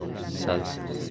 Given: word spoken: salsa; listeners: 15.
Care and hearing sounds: one Spanish word in noise, from a listening test; eight-talker babble; 0.1 dB; 2 of 15; 8 of 15; 0.70 s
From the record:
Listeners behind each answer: 8, 2, 1, 1, 1, 1, 1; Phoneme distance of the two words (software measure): 7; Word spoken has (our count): 2 syllables, 5 phonemes, stress on syllable 1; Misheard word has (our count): 2 syllables, 6 phonemes, stress on syllable 1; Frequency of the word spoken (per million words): 31.58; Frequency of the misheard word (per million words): 4.58

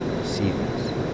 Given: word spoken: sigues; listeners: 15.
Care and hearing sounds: one Spanish word in noise, from a listening test; speech-shaped noise; -4.3 dB; 2 of 15; 8 of 15; 0.74 s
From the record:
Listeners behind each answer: 8, 2, 2, 1, 1, 1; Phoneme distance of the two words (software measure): 24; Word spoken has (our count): 2 syllables, 5 phonemes, stress on syllable 1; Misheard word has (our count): 2 syllables, 5 phonemes, stress on syllable 1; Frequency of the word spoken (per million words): 4.68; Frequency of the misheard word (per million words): 13.34

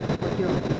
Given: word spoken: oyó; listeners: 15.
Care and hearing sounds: one Spanish word in noise, from a listening test; noise modulated by three-talker babble; -3.0 dB; 0 of 15; 9 of 15; 0.40 s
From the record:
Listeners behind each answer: 9, 2, 2, 1, 1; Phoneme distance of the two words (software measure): 21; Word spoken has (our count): 2 syllables, 3 phonemes, stress on syllable 2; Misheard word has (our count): 1 syllable, 2 phonemes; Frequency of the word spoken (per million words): 20.80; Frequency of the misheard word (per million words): 1099.14

